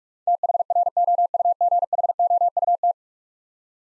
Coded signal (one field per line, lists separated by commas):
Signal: Morse code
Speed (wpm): 42 wpm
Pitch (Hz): 700 Hz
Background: none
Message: THROUGHOUT